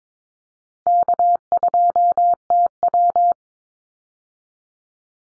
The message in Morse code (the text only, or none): K2TW